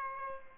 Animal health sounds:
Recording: mosquito wingbeat signal from an infrared sensor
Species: Aedes albopictus

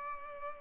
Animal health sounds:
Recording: mosquito wingbeat signal from an infrared sensor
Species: Culex pipiens

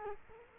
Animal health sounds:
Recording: mosquito wingbeat signal from an infrared sensor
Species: Culex quinquefasciatus

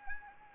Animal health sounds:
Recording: mosquito wingbeat signal from an infrared sensor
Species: Anopheles arabiensis

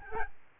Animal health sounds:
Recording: mosquito wingbeat signal from an infrared sensor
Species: Aedes albopictus

